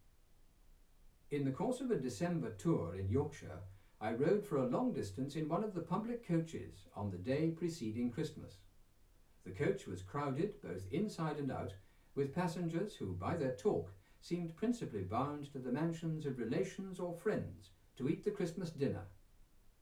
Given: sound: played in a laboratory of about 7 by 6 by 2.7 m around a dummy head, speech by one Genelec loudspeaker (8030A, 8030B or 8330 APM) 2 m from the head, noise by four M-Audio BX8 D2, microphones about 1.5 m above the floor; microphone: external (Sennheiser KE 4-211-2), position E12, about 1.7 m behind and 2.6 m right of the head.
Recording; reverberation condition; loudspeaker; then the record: male speech in English; low; 90 degrees to the left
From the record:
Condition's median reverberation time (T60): about 310 ms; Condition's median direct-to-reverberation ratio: about 3.5 dB